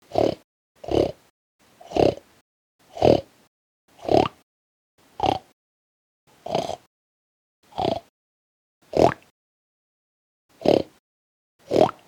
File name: Pig Sounds By Sdx